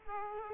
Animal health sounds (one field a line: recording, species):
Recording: mosquito wingbeat signal from an infrared sensor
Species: Culex quinquefasciatus